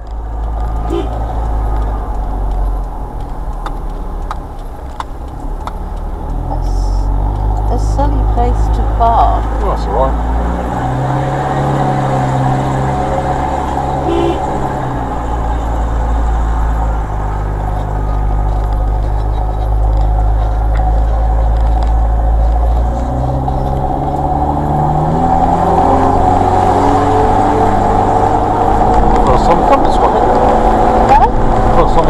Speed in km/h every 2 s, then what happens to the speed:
18, 15, 10, 0, 6, 11, 15, 16, 11, 8, 10, 11, 19, 24, 27, 29.
0-7 slows to 0. 7-11 pulls away to 15. 14-19 slows to 8. 19-32 speeds up to 29.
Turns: 14-22.